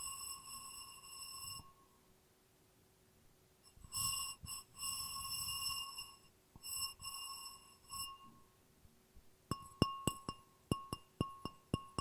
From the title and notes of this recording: ASMR No Talking Glass Tapping and Ringing Sounds.